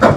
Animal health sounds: pig call; growing-finishing pig (85 days or more)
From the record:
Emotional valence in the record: positive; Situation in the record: run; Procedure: transit

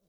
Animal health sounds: pig call; piglet (1 to 25 days)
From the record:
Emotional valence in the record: positive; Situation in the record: reunion after long isolation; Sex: male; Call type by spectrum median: low-frequency call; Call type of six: low-frequency stable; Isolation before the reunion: 8 minutes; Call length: 0.09 s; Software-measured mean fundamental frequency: 54 Hz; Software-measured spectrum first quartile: 278 Hz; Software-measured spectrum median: 1330 Hz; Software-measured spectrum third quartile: 12513 Hz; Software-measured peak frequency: 181 Hz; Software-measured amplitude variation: 29 dB a second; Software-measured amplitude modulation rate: 5.7 a second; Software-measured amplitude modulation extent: 5.2 dB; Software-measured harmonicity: 6.6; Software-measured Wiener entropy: -3.01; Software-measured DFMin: 873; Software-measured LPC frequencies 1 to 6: 484, 3860, 4811, 5682, 6335, 7309 Hz

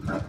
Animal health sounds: pig call; growing-finishing pig (85 days or more)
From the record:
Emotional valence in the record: positive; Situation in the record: run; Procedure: transit

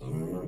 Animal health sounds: pig call; weaner (32 to 43 days)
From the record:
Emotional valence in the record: negative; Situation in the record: novel object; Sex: female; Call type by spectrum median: low-frequency call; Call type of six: low-frequency stable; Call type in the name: low-frequency stable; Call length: 0.48 s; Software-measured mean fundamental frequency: 79 Hz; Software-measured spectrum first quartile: 157 Hz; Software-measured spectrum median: 264 Hz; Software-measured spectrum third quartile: 486 Hz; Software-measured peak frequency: 158 Hz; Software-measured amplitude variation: 111 dB a second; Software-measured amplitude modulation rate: 22.8 a second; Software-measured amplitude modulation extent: 4.9 dB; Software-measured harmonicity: 1.8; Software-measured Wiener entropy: -0.29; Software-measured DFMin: 1071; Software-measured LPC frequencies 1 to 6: 380, 1090, 2143, 2799, 3637, 4249 Hz

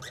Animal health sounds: pig call; piglet (1 to 25 days)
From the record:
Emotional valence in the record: negative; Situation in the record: short isolation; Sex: male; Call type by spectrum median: low-frequency call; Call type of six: low-frequency tonal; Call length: 0.11 s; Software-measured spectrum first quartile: 1074 Hz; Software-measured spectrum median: 2367 Hz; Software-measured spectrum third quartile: 4946 Hz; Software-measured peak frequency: 1935 Hz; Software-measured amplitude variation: 54 dB a second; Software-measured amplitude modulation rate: 13.4 a second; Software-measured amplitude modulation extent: 4.0 dB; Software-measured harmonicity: 3.6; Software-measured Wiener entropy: -2.15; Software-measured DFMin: 1154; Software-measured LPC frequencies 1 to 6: 1454, 1896, 3733, 5349, 6027, 6553 Hz

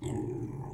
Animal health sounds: pig call; weaner (32 to 43 days)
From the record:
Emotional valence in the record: positive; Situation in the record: positive conditioning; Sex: female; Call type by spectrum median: low-frequency call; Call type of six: low-frequency stable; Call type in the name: low-frequency stable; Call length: 0.74 s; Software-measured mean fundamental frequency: 49 Hz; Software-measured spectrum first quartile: 135 Hz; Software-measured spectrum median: 274 Hz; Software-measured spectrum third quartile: 453 Hz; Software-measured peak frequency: 121 Hz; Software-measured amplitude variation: 175 dB a second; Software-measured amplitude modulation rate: 28.5 a second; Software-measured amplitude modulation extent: 6.1 dB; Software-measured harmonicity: 1.2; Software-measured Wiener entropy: -0.13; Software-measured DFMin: 1027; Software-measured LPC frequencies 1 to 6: 319, 861, 2031, 3359, 6209, 6898 Hz

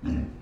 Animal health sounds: pig call; growing-finishing pig (85 days or more)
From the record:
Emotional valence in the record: negative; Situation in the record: barren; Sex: female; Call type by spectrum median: low-frequency call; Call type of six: low-frequency stable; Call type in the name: low-frequency stable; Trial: 1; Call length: 0.42 s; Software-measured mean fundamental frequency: 60 Hz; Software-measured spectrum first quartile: 87 Hz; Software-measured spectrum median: 191 Hz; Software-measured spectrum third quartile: 287 Hz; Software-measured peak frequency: 251 Hz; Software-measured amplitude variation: 164 dB a second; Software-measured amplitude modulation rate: 27.2 a second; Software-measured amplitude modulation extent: 6.0 dB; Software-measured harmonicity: -2.2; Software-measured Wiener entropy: -0.08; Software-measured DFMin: 820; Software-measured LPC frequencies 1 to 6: 261, 1711, 2697, 3833, 4536, 5332 Hz

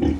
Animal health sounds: pig call; growing-finishing pig (85 days or more)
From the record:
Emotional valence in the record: negative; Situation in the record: barren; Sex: female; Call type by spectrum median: low-frequency call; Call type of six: low-frequency modulated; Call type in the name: low-frequency modulated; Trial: 2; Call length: 0.20 s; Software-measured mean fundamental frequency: 42 Hz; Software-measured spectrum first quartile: 136 Hz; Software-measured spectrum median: 263 Hz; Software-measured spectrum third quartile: 357 Hz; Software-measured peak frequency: 307 Hz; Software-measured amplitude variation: 154 dB a second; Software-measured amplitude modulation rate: 17.4 a second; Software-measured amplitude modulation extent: 8.9 dB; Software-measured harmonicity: 0.9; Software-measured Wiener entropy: -0.88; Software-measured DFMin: 896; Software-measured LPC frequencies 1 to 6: 330, 1928, 3050, 4761, 5405, 6195 Hz

